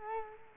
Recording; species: mosquito wingbeat signal from an infrared sensor; Culex quinquefasciatus